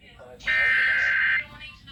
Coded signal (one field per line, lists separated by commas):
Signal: Emergency Alert System (SAME) tones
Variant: header bursts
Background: speech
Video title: EAS/NWR Alert or message #1296: Tornado Warning #6 for 2023